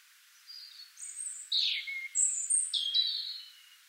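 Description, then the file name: European robin song: a soft high note, then thin sweet phrases that jump abruptly between very high and lower pitches, ending in a lingering warble. The background is quiet. "Erithacus rubecula"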